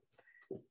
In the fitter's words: So you just push that little lock in, and then you can feel it click into place